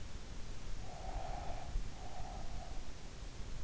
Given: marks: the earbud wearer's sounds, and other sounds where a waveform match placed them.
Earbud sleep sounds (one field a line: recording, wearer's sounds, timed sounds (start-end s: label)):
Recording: sounds in sleep by an in-ear microphone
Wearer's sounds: breath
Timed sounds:
0.64-3.11 s: breath